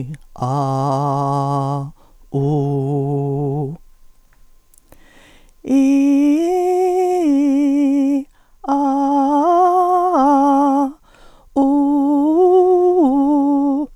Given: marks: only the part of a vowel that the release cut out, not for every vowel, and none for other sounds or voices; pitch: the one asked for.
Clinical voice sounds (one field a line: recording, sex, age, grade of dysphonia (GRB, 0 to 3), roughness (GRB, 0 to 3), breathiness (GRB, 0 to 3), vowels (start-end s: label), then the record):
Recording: sustained vowels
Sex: female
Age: 60 to 69 years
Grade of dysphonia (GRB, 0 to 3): 2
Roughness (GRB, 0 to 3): 1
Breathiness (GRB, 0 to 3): 2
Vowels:
0.46-1.76 s: vowel /a/, low pitch
2.39-3.63 s: vowel /u/, low pitch
5.93-7.91 s: vowel /i/, low-high-low pitch
8.85-10.79 s: vowel /a/, low-high-low pitch
11.72-13.69 s: vowel /u/, low-high-low pitch
From the record:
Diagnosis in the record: dysphonia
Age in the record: 62 years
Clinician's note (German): Multifaktorielle Dysphonie bei chron. Asthma mit spray-Nebenwirkungen